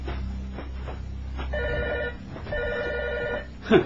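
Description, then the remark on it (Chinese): A telephone bell rings at night despite its plug having been pulled, in two bright, trilling bursts with a short pause between them, over a low steady rumble, and a brief sharp clunk follows at the end. “明明掹咗个插苏先上床瞓嘅，个电话仲会响，又似你话。”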